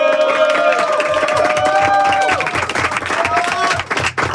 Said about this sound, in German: Gott sei Dank haben wir noch den Einspieler von dem guten Applaus.